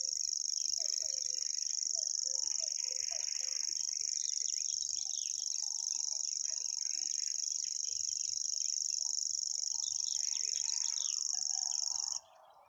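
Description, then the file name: Common grasshopper warbler reeling continuously for about twelve seconds as a high, buzzy insect-like trill, then stopping abruptly; other calls underneath. "reti tucsokmadar hangja"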